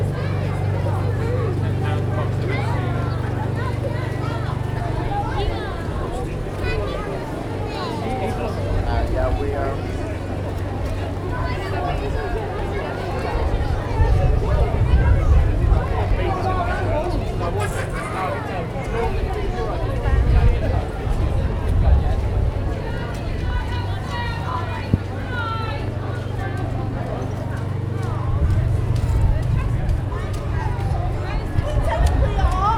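A busy outdoor Christmas market crowd chatters continuously, with a steady low rumble underneath and occasional footsteps and clatters throughout.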